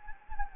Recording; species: mosquito wingbeat signal from an infrared sensor; Anopheles gambiae